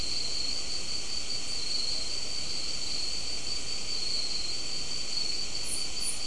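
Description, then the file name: Insects in a steady, unbroken trilling chorus, a high continuous ringing drone with a lower band beneath, plus two faint very high notes near the end. "mainly insect"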